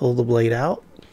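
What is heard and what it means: Someone talks while handling a lock-back kit knife, starting to pull its folding blade open toward the lock bar, and then the clip falls quiet. Nothing has seated or clicked yet; the blade has not locked open.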